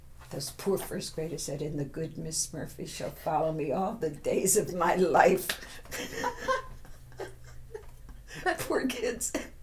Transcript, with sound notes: Those poor first graders said, "And the good Miss Murphy shall follow me all the days of my life." [Laughs] The poor kids,